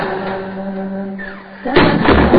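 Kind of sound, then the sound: household object, door opening and shutting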